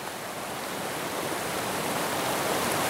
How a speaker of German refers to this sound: Der Fluss läuft hier auf diesen Felsen zu. Der öffnet sich ungefähr so 2-3 Meter, ist 30 Meter hoch und dahinter läuft es dann wieder